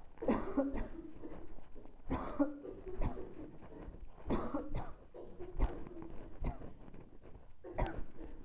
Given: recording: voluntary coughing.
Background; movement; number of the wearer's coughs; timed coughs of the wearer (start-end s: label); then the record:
a bystander coughing; walking; 9
0.20-0.67 s: cough
0.72-1.01 s: cough
2.09-2.49 s: cough
2.98-3.22 s: cough
4.27-4.63 s: cough
4.72-4.98 s: cough
5.59-5.81 s: cough
6.44-6.62 s: cough
7.75-8.04 s: cough
From the record:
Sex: female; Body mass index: 22.6 kg/m2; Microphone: on the chest, facing the body